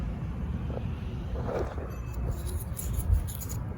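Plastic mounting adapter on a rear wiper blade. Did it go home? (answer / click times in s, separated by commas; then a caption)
no / none. A plastic mounting adapter, option A from the kit, is slid onto a new rear wiper blade for a Dodge Durango Citadel, making light rubbing and scraping sounds over a low background rumble. Brief soft ticks occur at about 0.8 s and 2.8 s as it moves along. Nothing has seated or clicked yet; the clip ends just before it snaps into place.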